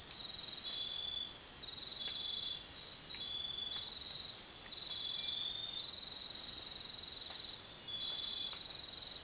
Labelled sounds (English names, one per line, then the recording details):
none
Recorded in secondary vegetation near Puerto Asís, Putumayo, Colombia, on 22 June 2025 at 05:00
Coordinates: 0.499, -76.323
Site G077